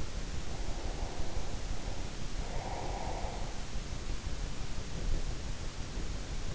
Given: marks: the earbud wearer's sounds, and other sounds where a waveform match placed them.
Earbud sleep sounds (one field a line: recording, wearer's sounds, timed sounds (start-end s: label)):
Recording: sounds in sleep by an in-ear microphone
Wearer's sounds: breath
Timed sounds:
0.52-3.60 s: breath